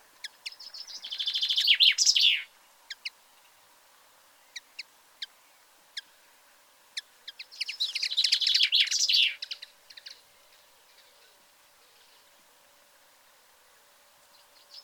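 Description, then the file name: Common chaffinch song: two loud phrases of accelerating descending notes ending in a flourish, with scattered sharp single call notes between them. "Fringilla coelebs"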